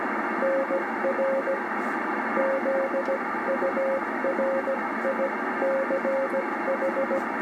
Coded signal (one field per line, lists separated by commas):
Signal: Morse code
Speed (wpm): 16 wpm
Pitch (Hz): 530 Hz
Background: radio noise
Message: NR ZURICH